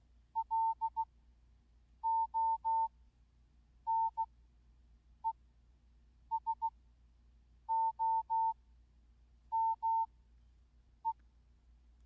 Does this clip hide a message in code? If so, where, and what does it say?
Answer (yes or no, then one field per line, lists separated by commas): yes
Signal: Morse code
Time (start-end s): 0.4-11.1 s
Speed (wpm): 16 wpm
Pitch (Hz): 900 Hz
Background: none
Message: LONESOME